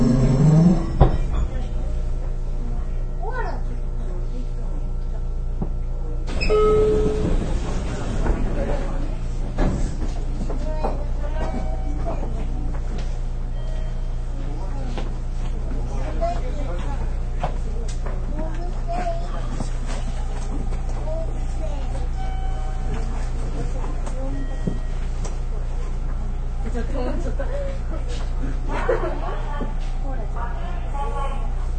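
Aboard a Nippou line local train, a steady low rumble and hum of the carriage runs throughout with constant loudness. People talk at intervals over it, with a louder thump near the start and a brief squeal around six seconds.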